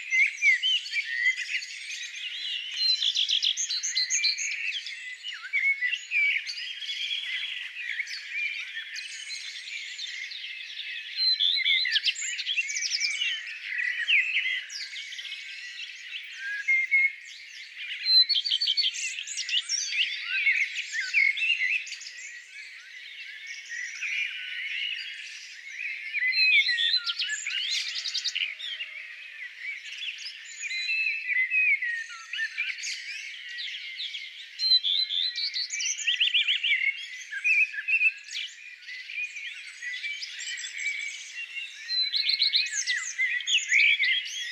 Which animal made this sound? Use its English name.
Common Redstart